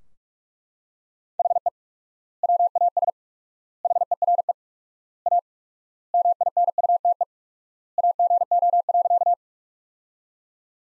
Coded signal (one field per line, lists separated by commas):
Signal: Morse code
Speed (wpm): 42 wpm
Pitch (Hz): 700 Hz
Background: none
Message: HE WAS HERE A MINUTE AGO.